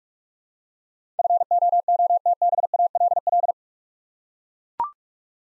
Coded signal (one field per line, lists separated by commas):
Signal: Morse code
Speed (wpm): 44 wpm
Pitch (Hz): 700 Hz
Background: none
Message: FOOTBALL